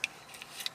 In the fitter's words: in that snaps right in there this is very secure